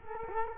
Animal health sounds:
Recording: mosquito wingbeat signal from an infrared sensor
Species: Culex quinquefasciatus

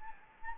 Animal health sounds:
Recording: mosquito wingbeat signal from an infrared sensor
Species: Anopheles gambiae

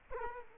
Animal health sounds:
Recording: mosquito wingbeat signal from an infrared sensor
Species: Culex quinquefasciatus

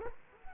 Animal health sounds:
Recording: mosquito wingbeat signal from an infrared sensor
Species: Culex quinquefasciatus

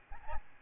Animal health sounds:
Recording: mosquito wingbeat signal from an infrared sensor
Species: Aedes albopictus

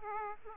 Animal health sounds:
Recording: mosquito wingbeat signal from an infrared sensor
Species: Aedes aegypti

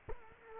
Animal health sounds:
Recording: mosquito wingbeat signal from an infrared sensor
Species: Culex quinquefasciatus

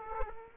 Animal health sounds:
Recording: mosquito wingbeat signal from an infrared sensor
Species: Aedes aegypti

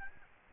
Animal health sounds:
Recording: mosquito wingbeat signal from an infrared sensor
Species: Aedes albopictus

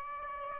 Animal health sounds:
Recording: mosquito wingbeat signal from an infrared sensor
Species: Aedes aegypti

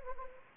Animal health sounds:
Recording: mosquito wingbeat signal from an infrared sensor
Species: Anopheles gambiae

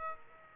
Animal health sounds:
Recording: mosquito wingbeat signal from an infrared sensor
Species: Aedes aegypti

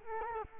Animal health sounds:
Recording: mosquito wingbeat signal from an infrared sensor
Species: Culex quinquefasciatus

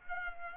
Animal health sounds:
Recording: mosquito wingbeat signal from an infrared sensor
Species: Culex pipiens

